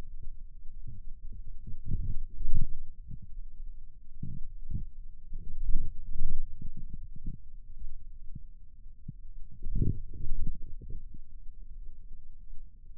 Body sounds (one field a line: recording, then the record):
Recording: forearm muscle sounds (acoustic myography)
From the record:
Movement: radial deviation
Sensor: system 2, bracelet of six BSWA MPA416 microphones around the upper forearm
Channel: 2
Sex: male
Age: 22 years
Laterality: right